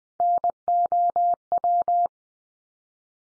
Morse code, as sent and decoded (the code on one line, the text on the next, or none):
-. --- .--
NOW